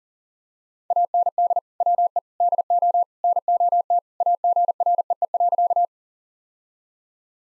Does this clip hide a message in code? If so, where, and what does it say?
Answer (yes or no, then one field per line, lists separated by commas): yes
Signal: Morse code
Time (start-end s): 0.9-5.8 s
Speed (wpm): 40 wpm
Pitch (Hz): 700 Hz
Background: none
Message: AND WE DO NOT AGREE.